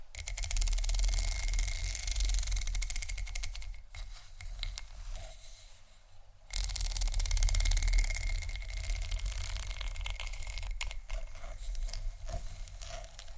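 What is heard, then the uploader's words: Scratching and tapping on textured surfaces, with dense crackly rasps and quick clicking taps running nearly throughout. The sound dips quieter and thinner around four to six seconds, then returns fuller with a low rumble underneath and scattered sharper ticks toward the end. ASMR Scratch & Tap On Tingly Textures（No Talking）.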